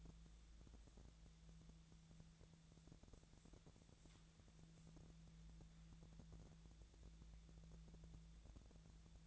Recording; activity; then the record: daily activity, microphone in the room; wipe stove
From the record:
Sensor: 3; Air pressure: 1000.5 hPa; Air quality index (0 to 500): 175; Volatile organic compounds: 3 ppm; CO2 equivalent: 1514 ppm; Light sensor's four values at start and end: 13/32/13/14 and 13/32/13/14